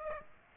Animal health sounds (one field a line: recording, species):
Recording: mosquito wingbeat signal from an infrared sensor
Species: Aedes aegypti